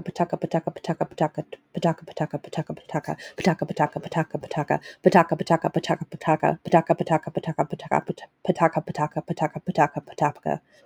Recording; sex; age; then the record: repeated syllables /pa ta ka/; female; 30 to 39 years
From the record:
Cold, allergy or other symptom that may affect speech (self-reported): no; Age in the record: 36 years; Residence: Louisiana, United States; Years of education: 16